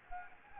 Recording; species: mosquito wingbeat signal from an infrared sensor; Anopheles gambiae